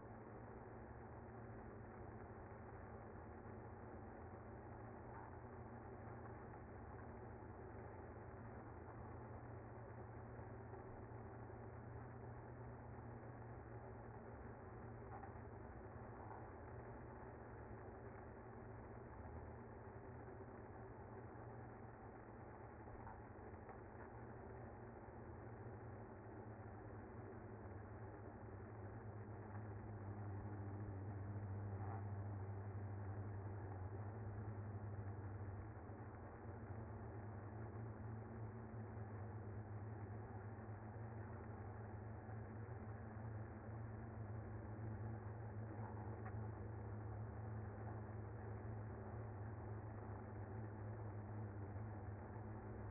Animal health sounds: honeybee colony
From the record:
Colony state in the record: active

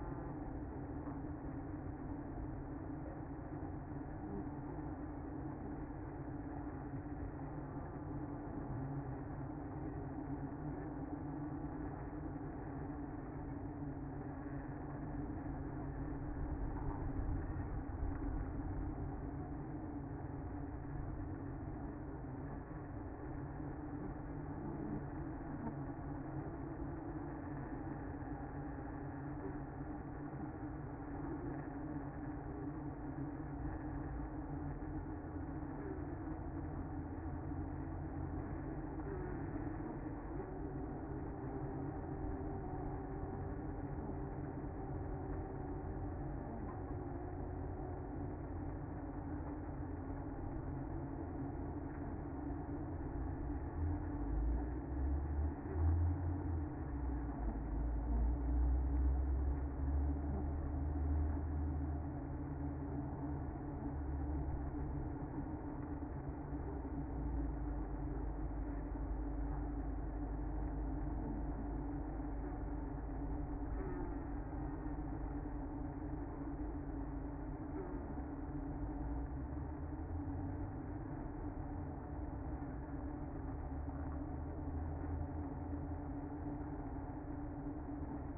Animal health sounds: honeybee colony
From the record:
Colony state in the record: active

